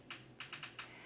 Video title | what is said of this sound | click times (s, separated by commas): Angel Ride Car Bed | release a few inches of the seat belt and listen for a clicking sound | 0.1 s, 0.4 s, 0.5 s, 0.6 s, 0.8 s